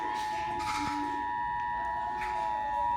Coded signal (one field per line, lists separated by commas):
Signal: Emergency Alert System (SAME) tones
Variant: 853 and 960 Hz attention tone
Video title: EAS #12 Flash Flood Warning